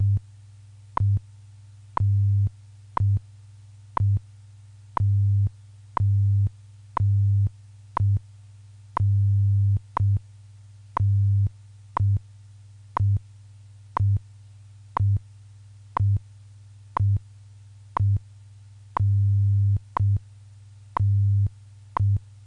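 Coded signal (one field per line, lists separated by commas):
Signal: radio time signal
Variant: WWV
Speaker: tone 19 hours 3 minutes coordinated Universal Time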